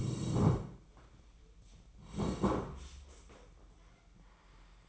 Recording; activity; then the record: daily activity, microphone in the room; sit down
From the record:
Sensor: 1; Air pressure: 1012.3 hPa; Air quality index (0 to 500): 173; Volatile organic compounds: 3 ppm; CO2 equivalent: 1422 ppm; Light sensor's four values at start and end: 45/122/50/61 and 44/120/49/60